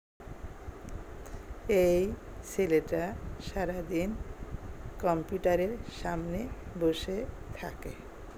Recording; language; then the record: elicited speech; Bengali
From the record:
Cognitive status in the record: dementia